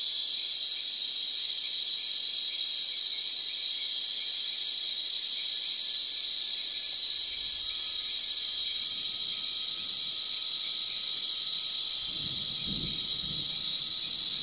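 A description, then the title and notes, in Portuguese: Dense, steady insect song fills a treetop with bright layered buzzing, while a faint low rumble swells briefly around seven and twelve seconds. Uma confortável cabana em cima de uma bela e ancestral árvore na Serra da Bocaina (SP). A paisagem sonora que se escuta na copa de uma árvore.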